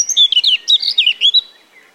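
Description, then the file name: Eurasian blackcap song: one short, quick phrase of bright warbled notes that fades after about one and a half seconds. "Sylvia atricapilla"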